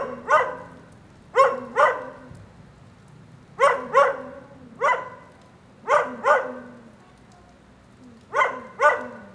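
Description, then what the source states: Dog barking in pairs and singles, sharp harmonic barks over a soft steady background. Lone dog in the rain during a thunderstorm at 9a. Avenida 414, Quezaltenango, Guatemala.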